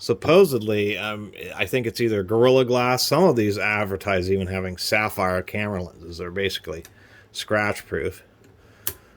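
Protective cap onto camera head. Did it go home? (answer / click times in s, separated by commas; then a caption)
yes / 8.9 s. A protective cap is pressed onto a camera head and snaps into place easily. Someone talks for most of the clip, then a sharp click is heard at 8.9 s as the cap seats.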